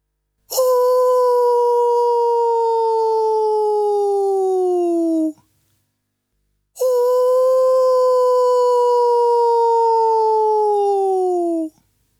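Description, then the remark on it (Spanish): Two long, loud buzzing drones made by vibrating lips into a didgeridoo, each lasting about five seconds with a short gap between. The pitch is fairly high and sags slightly at the end. No talking. “Probemos este sonido nuevamente a través del zumbido de los labios.”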